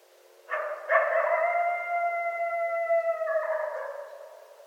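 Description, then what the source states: Coyote giving a long drawn-out howl, starting with a short rough note, then a smooth level tone that drops slightly and breaks before fading. Coyotes, more than one, recorded at night on 5 January 2013.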